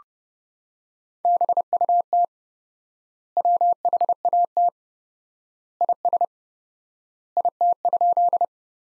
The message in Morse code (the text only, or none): BUT WHAT IS IT?